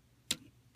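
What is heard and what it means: A plastic forearm panel on the arm of a transforming robot toy is flipped forward again and snaps into its end position with a sharp, bright click at 0.3 s; the click comes from the piece itself, not from pushing it. A much fainter short tick follows at 0.8 s over a quiet background, and the panel is seated.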